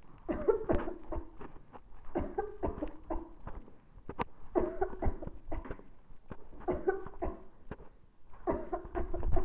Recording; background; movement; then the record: voluntary coughing; quiet; walking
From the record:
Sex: female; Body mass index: 18.8 kg/m2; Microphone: on the chest, facing the body